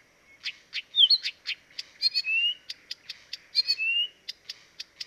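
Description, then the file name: Blyth's reed warbler song: regular clicking notes with a short twisted whistle and two longer rising notes. Dviete. "dviete acrocephalus dumetorum"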